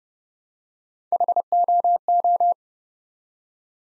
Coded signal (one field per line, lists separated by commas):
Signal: Morse code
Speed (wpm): 30 wpm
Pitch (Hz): 700 Hz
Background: none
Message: HOO